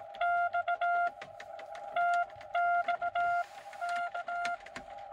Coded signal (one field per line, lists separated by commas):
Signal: Morse code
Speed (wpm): 18 wpm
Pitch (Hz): 700 Hz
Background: none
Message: X TX K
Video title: Rainy drive-by POTA Morse code (cootie) activation of K-1024 (Silver Springs) on 10/25/2022.